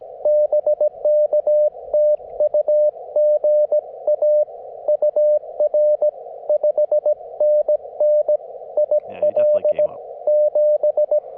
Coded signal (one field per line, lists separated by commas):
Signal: Morse code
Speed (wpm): 22 wpm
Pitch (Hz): 590 Hz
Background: radio noise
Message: BK TU GA UR 5NN IL 7